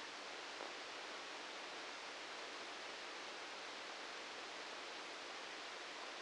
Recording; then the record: brain microelectrode recording played as sound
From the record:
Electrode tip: outside the subthalamic nucleus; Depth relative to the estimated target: -6 mm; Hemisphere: left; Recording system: NeuroSet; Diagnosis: Parkinson's disease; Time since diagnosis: 15 years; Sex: male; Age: 65 years